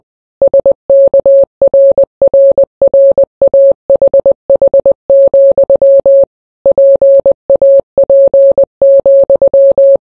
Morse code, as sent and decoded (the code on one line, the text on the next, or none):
... -.- .-. .-. .-. .- .... .... --..-- / .--. .- .--. --..--
SKRRRAHH, PAP,